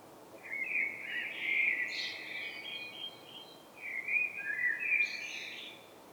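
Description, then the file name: Blackbird giving two mellow, flute-like warbled phrases, each trailing off into a scratchy high twitter, over soft hiss. "Turdus merula"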